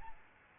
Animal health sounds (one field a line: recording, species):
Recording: mosquito wingbeat signal from an infrared sensor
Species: Aedes albopictus